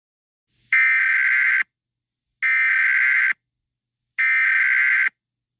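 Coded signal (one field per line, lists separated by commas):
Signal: Emergency Alert System (SAME) tones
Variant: header bursts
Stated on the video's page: Fictional scenario alert.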